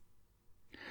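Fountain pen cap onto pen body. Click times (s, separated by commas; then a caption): 0.7 s. A fountain pen cap is held close to the microphone and closed onto the pen body, where its magnetic clip system pulls the cap the rest of the way home. After a near-silent stretch of faint low hiss, it snaps shut with a sharp, bright click at 0.7 s, followed by a brief high-pitched ring. The cap is seated with a satisfying magnetic click.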